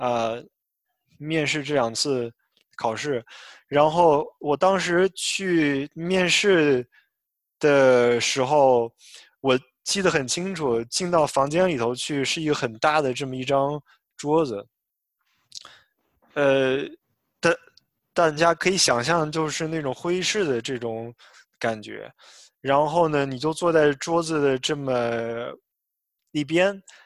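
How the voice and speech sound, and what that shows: An adult man who has stuttered since childhood tells a story in Mandarin at a moderate pitch, with stretched sounds, a repeated opening syllable and several long silent pauses, one nearly two seconds, fitting stuttering with prolongations and blocks where words will not come out. Fluent stretches are frequent between the hesitations.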